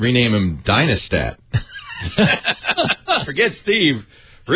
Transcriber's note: laughter